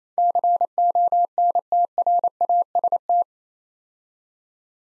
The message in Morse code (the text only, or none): CONTRAST